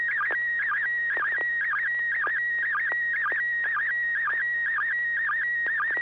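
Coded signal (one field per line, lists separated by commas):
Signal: SSTV (slow-scan television)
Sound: steady whistling tone broken by regular warbling dips about twice a second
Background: FM radio hiss, low hum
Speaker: so without objection uh here I go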